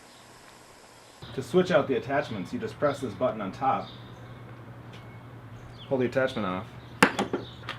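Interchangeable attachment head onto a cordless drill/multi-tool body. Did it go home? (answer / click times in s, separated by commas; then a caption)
yes / 7.0 s. Someone talks while sliding an interchangeable saw-head attachment onto the body of a Black+Decker BDCDC18BAFC-QW cordless drill/multi-tool, after pressing the release button on top to take the previous attachment off. At 7.0 s there is a sharp plastic click, followed by a couple of fainter clicks, as the attachment locks into place and is seated.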